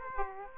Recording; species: mosquito wingbeat signal from an infrared sensor; Aedes aegypti